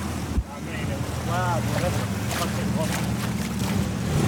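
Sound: boat engine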